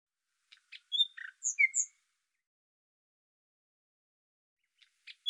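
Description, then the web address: Bird song in a short burst of ticks and clear whistled notes, then a long silence before a few more brief notes at the end. "Deverinetal 2025"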